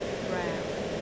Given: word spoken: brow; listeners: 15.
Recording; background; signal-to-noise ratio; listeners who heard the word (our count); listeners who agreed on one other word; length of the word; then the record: one English word in noise, from a listening test; speech-shaped noise; -5.1 dB; 1 of 15; 11 of 15; 0.61 s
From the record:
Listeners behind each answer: 11, 2, 1, 1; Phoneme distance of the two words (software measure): 7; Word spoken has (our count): 1 syllable, 3 phonemes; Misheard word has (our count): 1 syllable, 4 phonemes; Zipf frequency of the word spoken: 3.28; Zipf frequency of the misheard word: 5.01